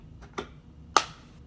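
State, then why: Seated. A lithium battery is fitted into a head light, with a softer knock at about 0.4 s before a sharp, bright click at 1.0 s. The battery clicks into place and is seated.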